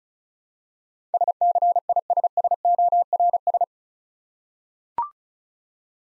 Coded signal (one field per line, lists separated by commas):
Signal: Morse code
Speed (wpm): 36 wpm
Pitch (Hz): 700 Hz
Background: none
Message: SCISSORS